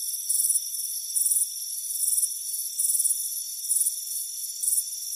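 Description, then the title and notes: Cricket sound with shrill pulsed chirps arriving at slightly uneven intervals, about six in all, above a steady high insect hum. Crickets chirping on a warm afternoon on a front porch, a soothing sound. "Soothing Crickets Chirping Sound. It's a warm afternoon as you relax in a hammock on the front porch. Relax and fall asleep to the soothing sound of chirping crickets. Deep Sleep Sounds"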